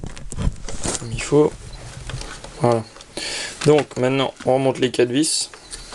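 Someone talks while handling the plastic housing shell of a VTech toy tractor, pressing the two plastic halves together onto the tractor body before its four screws go back in, with a few light taps and rustles of plastic. The clip ends before the halves snap home, so nothing has seated or clicked yet.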